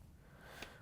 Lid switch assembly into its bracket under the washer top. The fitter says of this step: Once you have it snapped in, we can use our Phillips screwdriver and put the screw back